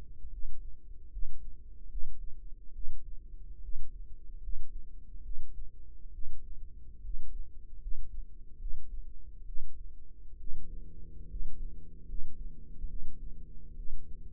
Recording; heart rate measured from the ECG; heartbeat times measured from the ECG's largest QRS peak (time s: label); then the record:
heart sounds by microphone in the right ear; 71 bpm
0.30 s: heartbeat
1.10 s: heartbeat
1.88 s: heartbeat
2.72 s: heartbeat
3.61 s: heartbeat
4.41 s: heartbeat
5.22 s: heartbeat
6.11 s: heartbeat
7.02 s: heartbeat
7.79 s: heartbeat
8.58 s: heartbeat
9.45 s: heartbeat
10.38 s: heartbeat
11.28 s: heartbeat
12.06 s: heartbeat
12.87 s: heartbeat
13.75 s: heartbeat
From the record:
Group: healthy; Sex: female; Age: 22 years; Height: 163 cm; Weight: 67.1 kg